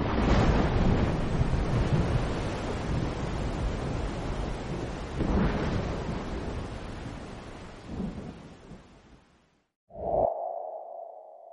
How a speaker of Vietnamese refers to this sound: Tiếng cười hòa cùng tiếng mưa rơi nặng hạt, và rồi tiếng cười nhỏ dần, sau cùng bị che phủ bởi cơn mưa như rút nước.